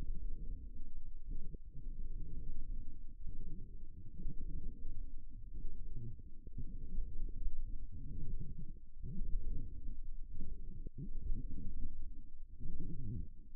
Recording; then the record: forearm muscle sounds (acoustic myography)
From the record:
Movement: forearm pronation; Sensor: system 1, eight BSWA MPA416 microphones around the upper forearm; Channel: 8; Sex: female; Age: 21 years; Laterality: right